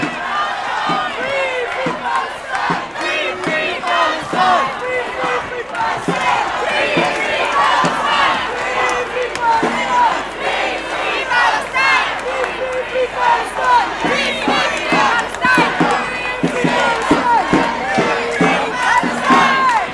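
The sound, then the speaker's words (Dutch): A large crowd at a banned pro-Palestine demonstration on the Dam square, 13 November 2024, shouts and chants continuously as police horses drive people away, many voices overlapping in a loud, dense roar with sharp yells rising out of it, sustained at steady intensity throughout. “Verboden Palestina-demo op de Dam”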